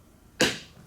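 The plastic clip hinges on the rudder of an FMS 1700mm F4U Corsair V3 RC airplane are pressed over the hinge rod on the foam vertical fin until they snap into place. A single sharp snap is heard at 0.4 s against a quiet background, then decays over about 0.3 seconds. The rudder hinge clips are seated.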